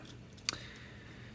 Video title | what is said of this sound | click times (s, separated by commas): Ultimate Bakugan Reboot Collection Review Pt.4! | take the head and fold it down until it snaps into place | 0.5 s